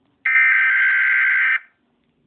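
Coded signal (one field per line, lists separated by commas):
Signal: Emergency Alert System (SAME) tones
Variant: header bursts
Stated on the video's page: Mock EAS alert based on a disaster movie.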